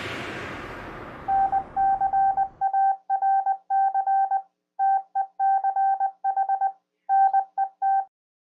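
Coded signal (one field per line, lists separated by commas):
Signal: Morse code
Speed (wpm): 20 wpm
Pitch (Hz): 780 Hz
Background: none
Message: NCARC TECH NET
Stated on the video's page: Heard during a weekly technical net on a 447.275 MHz repeater.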